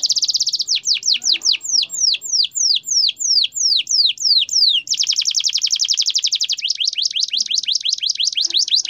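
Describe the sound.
Bird song alternating dense buzzy trills with evenly spaced, steeply downslurred whistled notes, then a long rapid trill and further chirp series.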